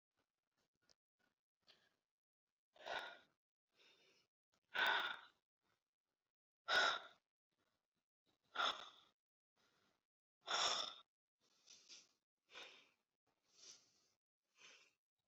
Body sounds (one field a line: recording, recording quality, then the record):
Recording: shallow breathing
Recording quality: excellent, no background noise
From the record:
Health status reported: COVID-19 positive, mild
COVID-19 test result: positive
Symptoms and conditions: cough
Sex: female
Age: 54 years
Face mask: not worn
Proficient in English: yes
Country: India